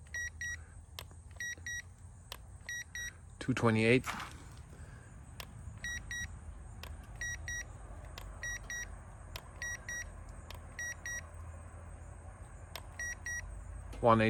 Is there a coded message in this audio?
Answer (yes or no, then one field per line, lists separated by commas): no